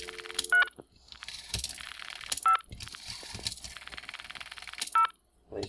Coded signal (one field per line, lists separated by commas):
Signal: DTMF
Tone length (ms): 100 ms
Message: 3 5 0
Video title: Converting a 1960s rotary dial phone to work as a modern day phone